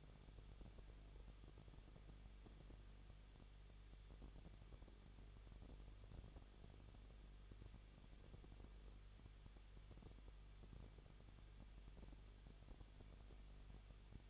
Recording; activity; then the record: daily activity, microphone in the room; no activity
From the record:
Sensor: 4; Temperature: 23.0 degrees Celsius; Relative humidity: 34.4%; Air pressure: 1007.3 hPa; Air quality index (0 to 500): 217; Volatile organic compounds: 15 ppm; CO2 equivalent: 2515 ppm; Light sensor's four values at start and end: 2/3/1/1 and 2/3/1/1